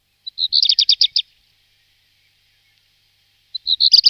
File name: Gorihvostka chernushka